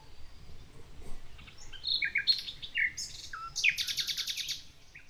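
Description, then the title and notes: Common nightingale song: varied phrases of whistles, chirps and a rapid buzzy trill of repeated notes near the end, over low wind rumble. Nightingale singing in the morning in the village of Riumors, Alt Empordà, on a Tramuntana day. "Este ruiseñor se hacia oir un dia de Tramuntana en el pueblo de Riumors"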